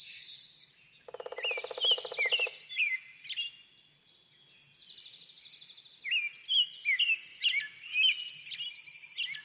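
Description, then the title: Birds singing together, overlapping high chirps, short rising whistles and buzzy trills, joined briefly by a lower rapid buzzing rattle near the start. Backyard setting. "Backyard Birds - Ambient Nature Bird Sounds"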